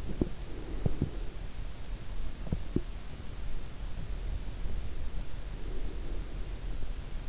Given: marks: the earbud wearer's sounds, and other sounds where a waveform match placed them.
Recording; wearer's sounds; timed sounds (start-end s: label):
sounds in sleep by an in-ear microphone; teeth grinding, breath
0.00-1.23 s: teeth grinding
0.40-1.31 s: breath
2.43-3.05 s: teeth grinding
5.46-6.76 s: breath